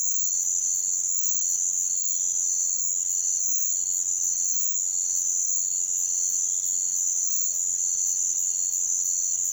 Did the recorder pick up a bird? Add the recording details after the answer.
no. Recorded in pastures near Puerto Asís, Putumayo, Colombia, on 28 February 2025 at 06:00. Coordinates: 0.505, -76.324. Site GP08